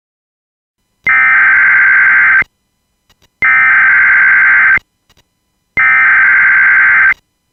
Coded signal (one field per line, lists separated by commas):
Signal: Emergency Alert System (SAME) tones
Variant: header bursts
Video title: EAS SCENARIO: The Los Santos Riots {VALID TONES}